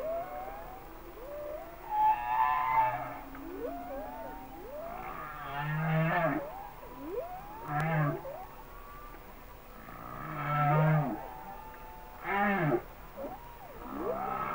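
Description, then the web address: Humpback whale song: a flowing series of rising and falling whistled moans and upsweeps over low grunting pulses, with several louder harmonic cries. "Whale Songs Sounds of Nature - Humpback Whales"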